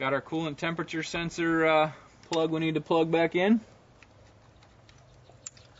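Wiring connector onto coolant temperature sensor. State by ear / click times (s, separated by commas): seated / 5.5 s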